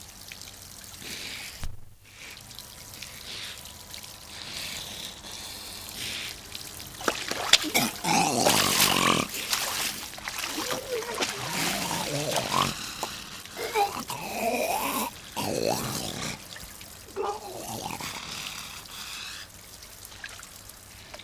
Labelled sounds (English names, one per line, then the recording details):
Grey Seal
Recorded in captivity
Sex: diverse
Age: adult
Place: Zoo Rostock, Mecklenburg-Vorpommern, DE
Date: 1984-02-04 17:35
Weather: overcast, 3-6°C
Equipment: Nagra SN, Kopie Uher 4000 Report Monitor
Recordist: Tembrock, Günter